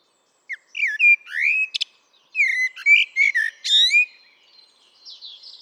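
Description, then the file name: Common blackbird delivering two flowing song phrases of low, looping whistles that rise into sharp, high twittering notes before fading out. "Turdus merula"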